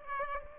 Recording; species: mosquito wingbeat signal from an infrared sensor; Aedes aegypti